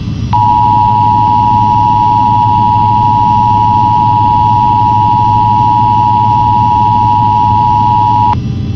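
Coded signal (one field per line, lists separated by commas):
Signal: Emergency Alert System (SAME) tones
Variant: 853 and 960 Hz attention tone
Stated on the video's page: EAS Evacuation Immediate for a wildfire, caught live on a station's EAS live stream.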